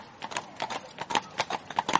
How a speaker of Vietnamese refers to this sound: Tiếng vó nện xuống nền tuyết vang vọng thật xa.